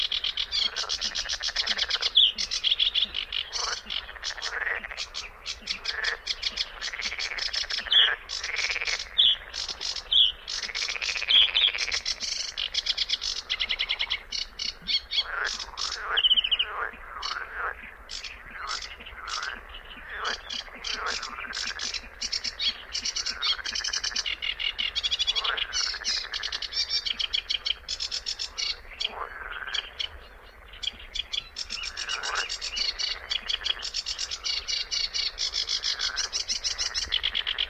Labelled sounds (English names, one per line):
Sedge Warbler song